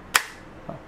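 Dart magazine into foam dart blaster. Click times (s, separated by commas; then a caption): 0.2 s. A dart magazine is forced directly into a 2022 Phalanx S1 plastic Nerf foam-dart blaster without priming, which takes extra push. A sharp, bright snap at 0.2 s marks the magazine seating home, and a fainter, lower knock follows at 0.7 s.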